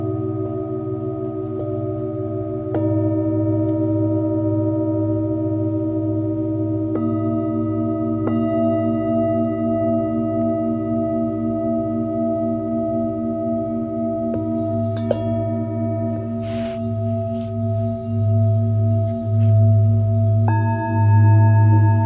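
Singing bowls ring in long overlapping tones, with new strikes near 3, 7, 15 and 20 seconds layering bright pulsing overtones over a steady low hum.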